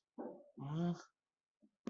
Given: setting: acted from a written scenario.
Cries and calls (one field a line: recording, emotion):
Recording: vocal sound without words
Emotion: embarrassment